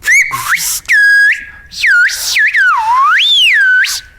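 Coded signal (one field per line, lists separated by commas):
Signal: whistled language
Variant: Silbo Gomero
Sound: a loud whistled phrase with rising and falling glides in several connected segments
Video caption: would be Dorotea's phrase, which is: “Me gustan las zanahorias”.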